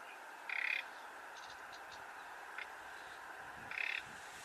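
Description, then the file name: Common nightingale giving two short, harsh rasping calls about three seconds apart over a steady background hiss. "Luscinia megarhynchos"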